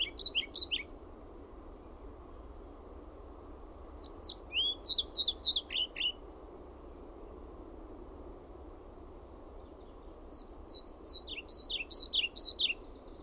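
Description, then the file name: European pied flycatcher singing three short phrases of high, jerky, alternating notes, separated by pauses of several seconds. "KIRJOSIEPPO"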